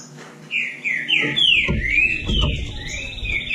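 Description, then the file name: Green-winged saltator: songbird song: a brief, loud string of smooth whistled slurs rising and falling, over low rumbling background noise. "canto do trinca ferro"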